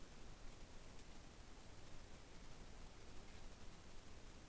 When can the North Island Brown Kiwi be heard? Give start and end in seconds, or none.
none